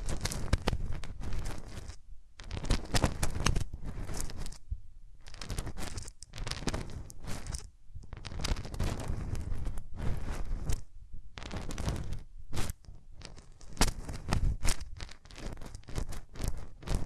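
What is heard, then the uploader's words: Hands rub close over the microphone in long, dense bursts of scratchy, crinkling friction that fill the range from low rumble to bright hiss. The rubbing stops in brief silent pauses every couple of seconds, then resumes at similar strength, with no voices. Rubbing Your Ears in My Hands Sensitive, Close Up Triggers (No Talking).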